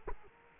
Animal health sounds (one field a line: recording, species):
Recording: mosquito wingbeat signal from an infrared sensor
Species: Culex quinquefasciatus